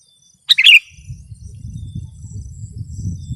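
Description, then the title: Sooty-headed bulbul with a single brisk chirruping phrase, followed by a low rumbling noise that continues to the end. "kutilang"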